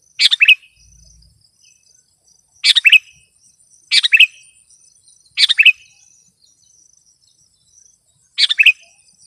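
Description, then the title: Sooty-headed bulbul song: five short bubbly phrases of several quick notes at uneven intervals, with a faint high steady hum behind. "kutilang"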